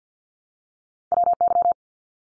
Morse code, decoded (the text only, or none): WY